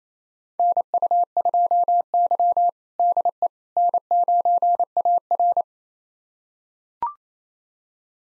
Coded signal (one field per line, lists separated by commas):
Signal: Morse code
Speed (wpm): 28 wpm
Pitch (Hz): 700 Hz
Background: none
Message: NU2Y DE N9AR